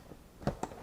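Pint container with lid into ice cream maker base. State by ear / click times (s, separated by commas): not seated / none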